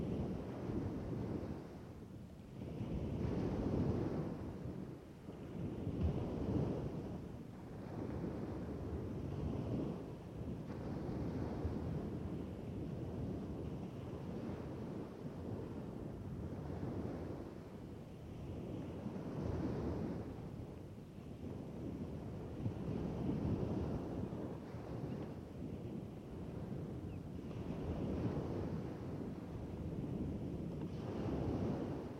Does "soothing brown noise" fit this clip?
no